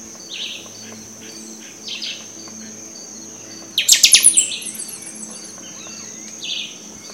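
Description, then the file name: Buffy-fronted seedeater song in short bursts of high chirps, the loudest a quick run of sharp notes midway, over a steady high whine. Recorded at Itanhaém, São Paulo, Brazil, on 31 October 2014. "Sporophila-frontalis 1-RPreto-Itanhaem SP-BR-31-10-14-ASilveira"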